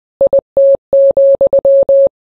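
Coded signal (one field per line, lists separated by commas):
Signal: Morse code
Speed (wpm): 20 wpm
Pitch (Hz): 550 Hz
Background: none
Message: IT,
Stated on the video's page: Morse code of song lyrics, used in place of music and singing.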